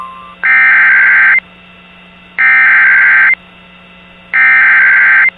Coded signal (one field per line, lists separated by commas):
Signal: Emergency Alert System (SAME) tones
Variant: header bursts